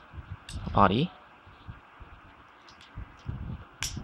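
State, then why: Seated. Someone talks briefly while a plastic body part is pressed into the body of a plastic action figure during its transformation. It snaps into place with a sharp, short click at 3.8 s, and the part is seated.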